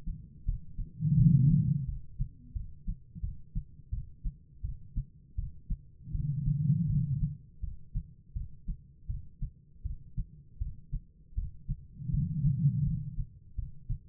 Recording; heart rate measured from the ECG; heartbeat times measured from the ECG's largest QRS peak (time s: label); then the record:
heart sounds by stethoscope; 82 bpm
0.45 s: heartbeat
1.16 s: heartbeat
1.86 s: heartbeat
2.53 s: heartbeat
3.21 s: heartbeat
3.90 s: heartbeat
4.62 s: heartbeat
5.36 s: heartbeat
6.12 s: heartbeat
6.87 s: heartbeat
7.61 s: heartbeat
8.34 s: heartbeat
9.07 s: heartbeat
9.83 s: heartbeat
10.59 s: heartbeat
11.35 s: heartbeat
12.11 s: heartbeat
12.84 s: heartbeat
13.56 s: heartbeat
From the record:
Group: healthy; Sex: female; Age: 51 years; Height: 162 cm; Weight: 70.04 kg